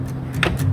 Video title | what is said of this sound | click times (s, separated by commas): Nissan LEAF Tekna Handover | your you just push down till it clicks and there you are | 0.4 s